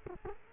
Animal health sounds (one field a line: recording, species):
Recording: mosquito wingbeat signal from an infrared sensor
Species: Culex quinquefasciatus